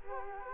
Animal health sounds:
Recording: mosquito wingbeat signal from an infrared sensor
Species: Culex quinquefasciatus

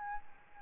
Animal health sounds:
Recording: mosquito wingbeat signal from an infrared sensor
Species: Aedes albopictus

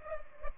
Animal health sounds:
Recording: mosquito wingbeat signal from an infrared sensor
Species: Culex pipiens

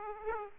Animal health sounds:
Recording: mosquito wingbeat signal from an infrared sensor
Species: Aedes aegypti

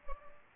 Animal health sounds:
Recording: mosquito wingbeat signal from an infrared sensor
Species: Anopheles arabiensis

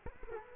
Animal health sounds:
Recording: mosquito wingbeat signal from an infrared sensor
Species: Culex quinquefasciatus

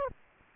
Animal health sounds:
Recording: mosquito wingbeat signal from an infrared sensor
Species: Aedes aegypti

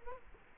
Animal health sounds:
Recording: mosquito wingbeat signal from an infrared sensor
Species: Culex quinquefasciatus

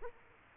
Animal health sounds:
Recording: mosquito wingbeat signal from an infrared sensor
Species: Culex quinquefasciatus

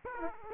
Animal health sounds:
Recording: mosquito wingbeat signal from an infrared sensor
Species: Aedes aegypti

